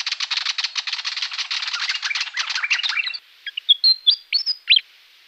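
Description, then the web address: Willie wagtail giving a fast rattling chatter for about three seconds, then a handful of clear, sweet whistled notes, some rising and some falling. Garden bird recorded in Canberra gardens. "canberra-garden-birds fantails willie-wagtail"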